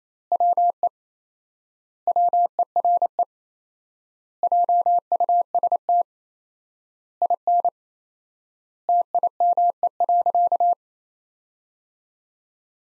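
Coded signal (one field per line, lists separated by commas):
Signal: Morse code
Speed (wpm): 28 wpm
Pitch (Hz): 700 Hz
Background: none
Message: WE WERE JUST IN TIME.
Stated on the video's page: Morse practice set of sentences built from the top 300 words at 28 wpm with 4x word spacing, a word-level take on the Farnsworth method.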